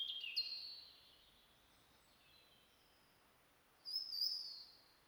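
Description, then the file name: European robin song, a high warbled phrase at the start, a quiet pause, then another thin sparkling phrase near the end. "Erithacus rubecula"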